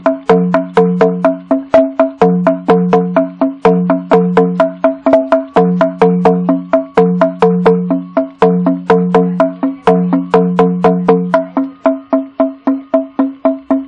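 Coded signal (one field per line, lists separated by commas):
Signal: talking drum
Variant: Bora manguaré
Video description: Muuaá Mebyeuwááíí (Llamamos para compartir). Particularmente este golpe se aplica en el maguaré para llamar a los vecinos(as) indígenas que circundan a la población que llama, se llama para compartir la pesca y/o caza que haya resultado abundante.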